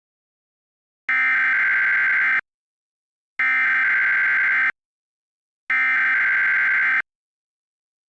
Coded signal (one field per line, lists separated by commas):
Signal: Emergency Alert System (SAME) tones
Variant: header bursts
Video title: [EAS] The Alternative: An Alternate History EAS Scenario